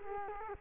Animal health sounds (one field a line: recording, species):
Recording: mosquito wingbeat signal from an infrared sensor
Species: Culex quinquefasciatus